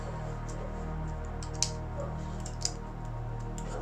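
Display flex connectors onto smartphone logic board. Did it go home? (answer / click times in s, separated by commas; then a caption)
yes / 1.6 s, 2.7 s. Display flex cable connectors are pressed one after another onto the logic board sockets of an iPhone 7 during a screen replacement, over steady background music. A small sharp click is heard at 1.6 s and another at 2.6 s, each connector seating in place.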